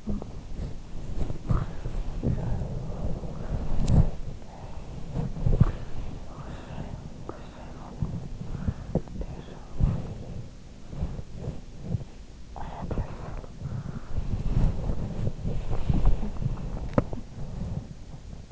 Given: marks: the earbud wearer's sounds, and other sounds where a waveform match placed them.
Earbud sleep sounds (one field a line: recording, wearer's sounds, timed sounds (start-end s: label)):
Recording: sounds in sleep by an in-ear microphone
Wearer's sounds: body movement, breath, teeth grinding, talking in sleep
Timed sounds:
0.00-18.52 s: body movement
14.03-16.43 s: breath
16.84-17.09 s: teeth grinding
17.09-17.29 s: talking in sleep